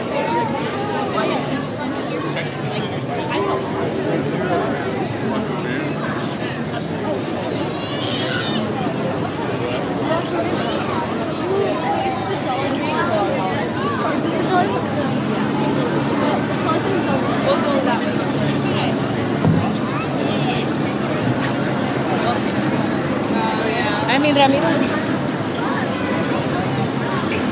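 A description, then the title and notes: Dense, steady crowd chatter fills a theme park walkway near dusk, with occasional brighter calls rising above the murmur around seven and twenty-four seconds. Take a walk around Disneyland’s West Side near dusk as the crows begin to arrive for the night. Recorded by Joel Covey.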